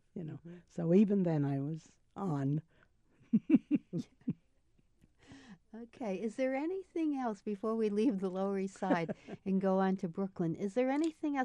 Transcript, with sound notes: You know, so even then I was "on (laughs)
Okay, is there anything else before we leave the Lower East Side and go on to Brooklyn, is there anything else?